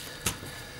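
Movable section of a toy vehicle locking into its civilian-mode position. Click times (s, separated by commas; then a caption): 0.3 s. The transformed section of a plastic M.A.S.K. Firecracker toy vehicle is gently lowered forward to return it to civilian mode. A single small, sharp click is heard at 0.3 s over a quiet background, and the part locks into place in its civilian-mode position.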